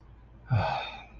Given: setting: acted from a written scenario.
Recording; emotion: vocal sound without words; serenity